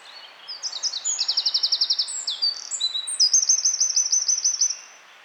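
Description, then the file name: Eurasian wren delivering one long, loud song of tumbling high notes and two rapid trills, ending abruptly. "Troglodytes troglodytes"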